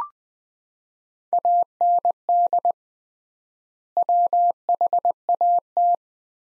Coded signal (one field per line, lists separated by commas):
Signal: Morse code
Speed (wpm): 20 wpm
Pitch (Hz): 700 Hz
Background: none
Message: AND WHAT